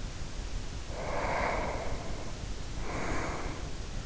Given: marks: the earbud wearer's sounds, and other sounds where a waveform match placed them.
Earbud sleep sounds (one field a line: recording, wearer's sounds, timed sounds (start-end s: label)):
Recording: sounds in sleep by an in-ear microphone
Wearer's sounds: breath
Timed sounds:
0.80-3.92 s: breath